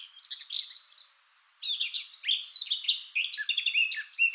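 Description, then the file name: Eurasian blackcap song: a quick scratchy chattering warble, a brief pause, then a louder run of varied whistled and buzzy notes. "Sylvia atricapilla"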